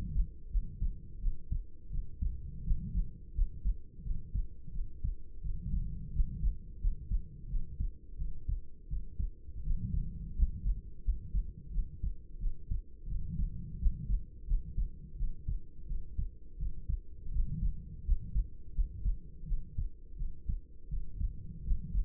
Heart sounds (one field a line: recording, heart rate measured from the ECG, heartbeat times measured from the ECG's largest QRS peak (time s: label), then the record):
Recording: heart sounds by stethoscope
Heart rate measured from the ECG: 85 bpm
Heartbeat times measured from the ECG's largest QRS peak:
0.50 s: heartbeat
1.19 s: heartbeat
1.89 s: heartbeat
2.62 s: heartbeat
3.33 s: heartbeat
4.02 s: heartbeat
4.71 s: heartbeat
5.41 s: heartbeat
6.11 s: heartbeat
6.79 s: heartbeat
7.47 s: heartbeat
8.16 s: heartbeat
8.87 s: heartbeat
9.61 s: heartbeat
10.34 s: heartbeat
11.02 s: heartbeat
11.70 s: heartbeat
12.38 s: heartbeat
13.06 s: heartbeat
13.77 s: heartbeat
14.46 s: heartbeat
15.15 s: heartbeat
15.85 s: heartbeat
16.57 s: heartbeat
17.30 s: heartbeat
18.03 s: heartbeat
18.73 s: heartbeat
19.45 s: heartbeat
20.15 s: heartbeat
20.88 s: heartbeat
21.62 s: heartbeat
From the record:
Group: healthy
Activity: rest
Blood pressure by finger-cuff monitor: 117/67 mmHg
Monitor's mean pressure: 82 mmHg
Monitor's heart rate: 85 bpm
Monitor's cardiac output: 7.3 L/min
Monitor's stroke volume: 86 mL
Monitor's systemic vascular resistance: 810 dyn s/cm5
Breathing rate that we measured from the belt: 16 breaths a minute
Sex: female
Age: 26 years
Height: 165 cm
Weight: 55 kg